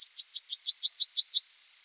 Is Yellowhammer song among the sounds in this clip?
yes